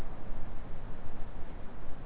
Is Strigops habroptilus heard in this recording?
no